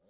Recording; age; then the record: pig call; piglet (1 to 25 days)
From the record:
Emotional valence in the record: positive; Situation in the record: reunion after long isolation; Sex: male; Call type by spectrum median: low-frequency call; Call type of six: low-frequency tonal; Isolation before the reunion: 8 minutes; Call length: 0.10 s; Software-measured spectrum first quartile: 433 Hz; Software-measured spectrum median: 894 Hz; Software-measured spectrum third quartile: 9153 Hz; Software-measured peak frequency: 520 Hz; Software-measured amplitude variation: 66 dB a second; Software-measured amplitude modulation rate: 9.6 a second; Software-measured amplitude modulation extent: 6.9 dB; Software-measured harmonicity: 4.7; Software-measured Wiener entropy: -3.58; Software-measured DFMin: 1101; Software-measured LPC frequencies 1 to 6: 526, 3812, 5933, 9429, 10287, 11351 Hz